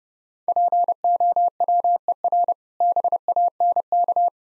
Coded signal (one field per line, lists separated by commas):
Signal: Morse code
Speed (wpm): 32 wpm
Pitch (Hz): 700 Hz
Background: none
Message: POWER BANK